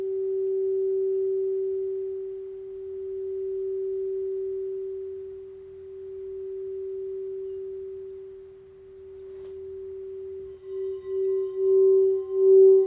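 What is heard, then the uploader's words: A single bowl rings with one pure, steady mid-pitched tone, gently swelling and fading in slow waves over the first ten seconds. Near the end a soft tap adds a brief brighter shimmer, and the tone pulses more quickly and grows louder before the clip ends. Individual Bowl Sound Bath.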